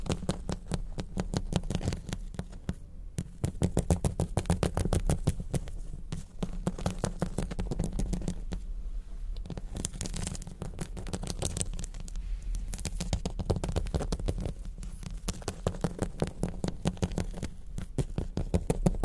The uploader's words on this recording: Diamonds Sounds (Crystals, Beads, Ice, jewels, tapping, scratching).